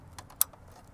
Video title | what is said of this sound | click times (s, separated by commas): Make Your Tacoma Sound Like a Million Bucks! - Encore X Amplifier | it in back in here. Make sure you hear that click. | 0.4 s